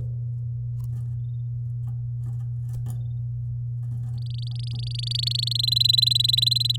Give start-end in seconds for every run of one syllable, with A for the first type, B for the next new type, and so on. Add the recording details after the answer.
4.17-5.57 A, 5.59-6.76 B. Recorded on 10 May 2018 at 13:20. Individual llb16